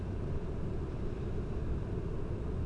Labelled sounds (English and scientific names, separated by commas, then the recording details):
none
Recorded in Germany
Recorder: ecoPi